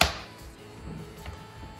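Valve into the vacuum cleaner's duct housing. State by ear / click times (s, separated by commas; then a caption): seated / 0.0 s. While refitting the rear shell of a Folletto VK150 vacuum cleaner, the valve is pushed into its hole in the duct housing and pressed as far as it will go. A sharp, loud click snaps at 0.0 s, followed by faint low handling noise. The valve is seated.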